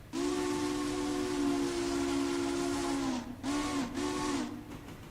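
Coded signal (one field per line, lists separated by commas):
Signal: train horn signal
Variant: steam locomotive whistle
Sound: steam whistle: one long blast of about 3 seconds, then two short blasts, with hiss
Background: steam hiss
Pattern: 1 long, 2 short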